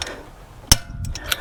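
A click-type torque wrench tightens the next wheel lug nut on an Acura during a front brake rotor job. A loud, sharp click at 0.7 s shows the nut has reached its set torque, and a smaller click follows at 1.3 s.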